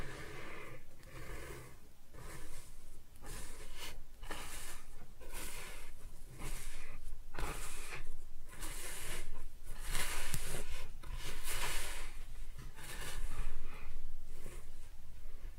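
Kinetic sand being cut and scooped, a steady run of soft, gritty hissing strokes that repeat roughly every half second to second. Each stroke swells and fades with a crumbly, brushing texture, and the activity stays fairly even across the whole stretch.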